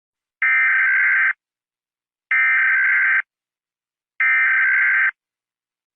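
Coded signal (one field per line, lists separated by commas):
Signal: Emergency Alert System (SAME) tones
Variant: header bursts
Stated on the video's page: Fake asteroid warning EAS alert shown during PAW Patrol; not real.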